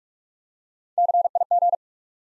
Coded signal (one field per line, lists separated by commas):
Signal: Morse code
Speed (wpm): 44 wpm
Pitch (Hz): 700 Hz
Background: none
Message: CIG